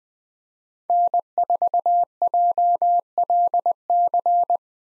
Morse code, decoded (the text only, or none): N4JLC